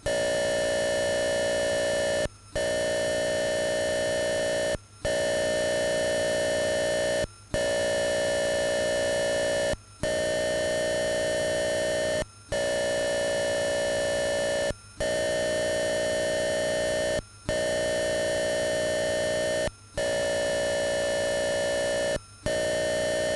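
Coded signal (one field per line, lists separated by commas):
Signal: computer data on cassette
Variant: Atari 8-bit cassette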